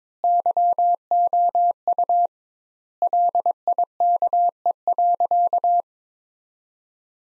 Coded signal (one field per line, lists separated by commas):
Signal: Morse code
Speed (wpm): 22 wpm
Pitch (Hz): 700 Hz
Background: none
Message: YOU LIKE.